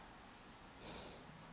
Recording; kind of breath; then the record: one breath in and out by a microphone near the nose and mouth; normal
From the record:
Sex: male